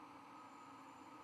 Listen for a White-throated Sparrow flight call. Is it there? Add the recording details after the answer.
no. No flight call is heard. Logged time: 23:05 on 11 November 2014